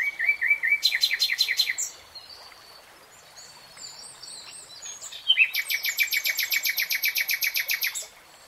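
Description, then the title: Nightingale song: two rapid, rattling trills of repeated notes separated by a short quieter gap with thin high sounds. Real-time recording of a nightingale singing. "[Tiếng chim hót] 3 Hours REALTIME Nightingale Singing"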